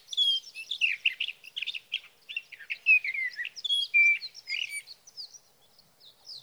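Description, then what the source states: Sage thrasher song, a long continuous warbling stream of varied buzzy and whistled phrases, loud at first and trailing into thinner high notes. Singing male near his night roost, through the night, evenings of June 12 to mornings of June 15, 2018, Sierra Valley, California; Swift recorder.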